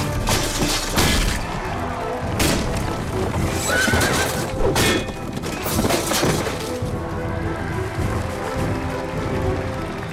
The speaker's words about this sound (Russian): Дорогие джентльмены, добро пожаловать на рыцарский турнир! Рыцари в доспехах сражаются в лошадях. Они скачут друг на друга и сбивают копьем.